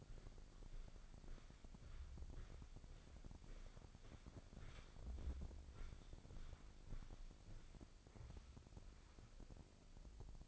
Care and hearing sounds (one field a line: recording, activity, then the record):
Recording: daily activity, microphone in the room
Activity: walk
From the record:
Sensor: 5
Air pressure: 1009.4 hPa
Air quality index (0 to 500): 148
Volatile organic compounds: 2 ppm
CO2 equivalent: 1145 ppm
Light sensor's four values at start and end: 313/738/319/356 and 312/736/319/355